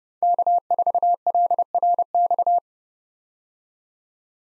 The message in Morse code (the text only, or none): K4LRX